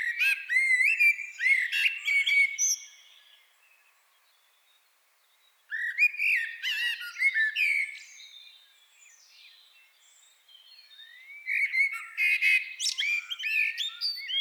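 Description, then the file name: Common blackbird song: three separate bursts of rich, fluty warbling, each ending in shrill, squeaky twitters, with near silence between the first two. "Turdus merula"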